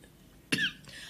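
A single short cough from an adult woman, triggered by something going down her throat and catching there.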